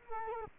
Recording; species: mosquito wingbeat signal from an infrared sensor; Culex quinquefasciatus